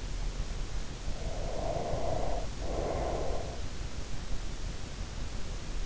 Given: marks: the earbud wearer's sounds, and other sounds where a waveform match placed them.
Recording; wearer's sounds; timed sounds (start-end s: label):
sounds in sleep by an in-ear microphone; breath
0.80-3.97 s: breath